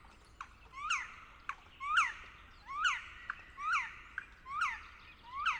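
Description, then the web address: Black woodpecker calls: loud ringing notes that rise then drop, with harmonics, repeated about once a second over a quiet background. "pic noir. oiseaux de nos forets"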